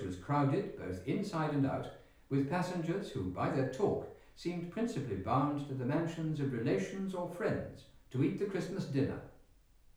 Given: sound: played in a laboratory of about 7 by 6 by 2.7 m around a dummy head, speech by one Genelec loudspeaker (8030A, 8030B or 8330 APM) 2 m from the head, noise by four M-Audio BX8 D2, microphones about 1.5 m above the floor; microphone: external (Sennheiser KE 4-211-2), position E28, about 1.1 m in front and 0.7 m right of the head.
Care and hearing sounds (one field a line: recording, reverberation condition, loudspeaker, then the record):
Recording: male speech in English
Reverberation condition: medium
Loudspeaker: behind (180 degrees)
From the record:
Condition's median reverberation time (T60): about 510 ms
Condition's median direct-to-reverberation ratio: about -0.5 dB